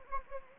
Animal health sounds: mosquito wingbeat signal from an infrared sensor; Anopheles gambiae

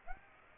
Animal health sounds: mosquito wingbeat signal from an infrared sensor; Aedes aegypti

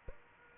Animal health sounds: mosquito wingbeat signal from an infrared sensor; Aedes aegypti

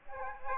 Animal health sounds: mosquito wingbeat signal from an infrared sensor; Aedes aegypti

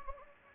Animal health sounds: mosquito wingbeat signal from an infrared sensor; Anopheles gambiae

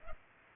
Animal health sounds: mosquito wingbeat signal from an infrared sensor; Culex pipiens

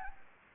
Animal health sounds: mosquito wingbeat signal from an infrared sensor; Anopheles gambiae

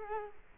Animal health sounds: mosquito wingbeat signal from an infrared sensor; Culex quinquefasciatus

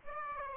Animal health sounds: mosquito wingbeat signal from an infrared sensor; Aedes aegypti

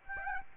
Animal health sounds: mosquito wingbeat signal from an infrared sensor; Aedes aegypti

